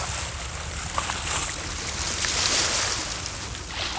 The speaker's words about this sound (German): Da, das Boot, es kommt direkt auf uns zu.